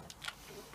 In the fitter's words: lay it on and it clicks back in like this